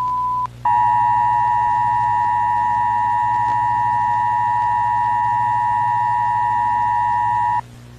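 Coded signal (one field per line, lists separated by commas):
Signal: Emergency Alert System (SAME) tones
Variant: 853 and 960 Hz attention tone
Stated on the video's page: Fictional EAS scenario, simulated and not a real alert.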